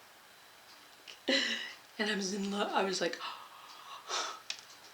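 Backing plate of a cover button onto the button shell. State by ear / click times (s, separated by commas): seated / 4.5 s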